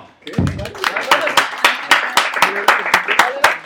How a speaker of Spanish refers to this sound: ¡Un aplauso!